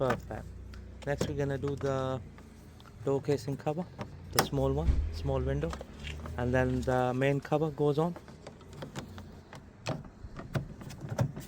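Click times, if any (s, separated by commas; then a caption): none. Someone talks while handling the small plastic door casing cover by the small window, about to press it onto the door of a Chevrolet Aveo after a door mirror replacement, with the main cover to go on after it. Several short, sharp handling taps and knocks follow near the end, around 8.8 to 11.2 seconds. Nothing has seated or clicked home yet.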